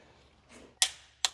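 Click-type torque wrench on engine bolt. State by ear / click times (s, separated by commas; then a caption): torque reached / 0.8 s, 1.3 s. A click-type torque wrench tightens an engine bolt on a supercharged Corvette, with the bolts done in a numbered sequence. After a soft, low rustle, two sharp clicks sound at 0.8 s and 1.3 s as the wrench reaches its setting. The bolt is confirmed tightened to torque.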